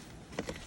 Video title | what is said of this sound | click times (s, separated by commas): Honest review on Doona car seat/stroller | uh put it right in there and then insert it until you hear it click on both sides | 0.4 s, 0.5 s